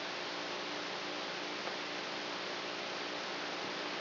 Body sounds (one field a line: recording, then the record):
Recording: brain microelectrode recording played as sound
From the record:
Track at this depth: inside the subthalamic nucleus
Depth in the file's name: 4.003 mm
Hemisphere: right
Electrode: 3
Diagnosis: Parkinson's disease